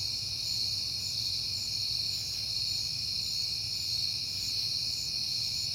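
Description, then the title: Cricket: constant shrill trilling from crickets, level and unchanging, with a gentle low rumble in the background. Recorded on a peaceful night in September. "Night Time: Crickets and Passing Cars"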